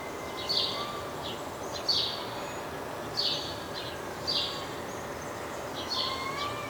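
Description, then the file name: House sparrow chirping, a few short bright notes spaced a little over a second apart. "Passer domesticus"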